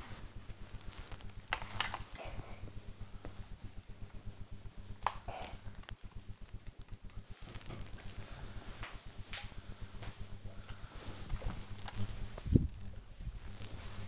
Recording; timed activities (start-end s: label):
household activities, microphone on the right wrist
0.00-14.08 s: ironing laundry